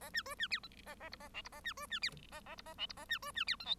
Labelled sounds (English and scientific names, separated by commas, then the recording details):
Bengalese Finch (Lonchura striata domestica) song
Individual Bird1